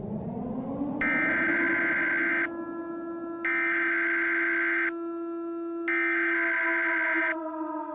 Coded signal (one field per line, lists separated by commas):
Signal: Emergency Alert System (SAME) tones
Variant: header bursts